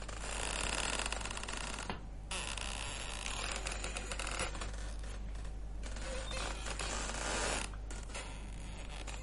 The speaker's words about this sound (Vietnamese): ở trong buồng vang lên có tiếng kẽo ca kẽo kẹt, giống như ai đang nằm đưa võng vậy.